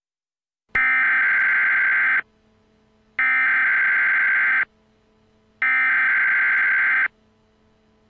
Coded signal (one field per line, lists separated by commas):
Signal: Emergency Alert System (SAME) tones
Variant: header bursts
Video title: Eas Scenario: Star Wars Order 66